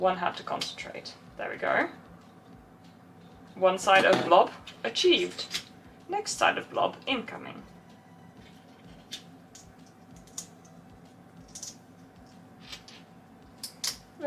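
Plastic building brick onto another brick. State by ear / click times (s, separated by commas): seated / 10.4 s, 13.6 s, 13.8 s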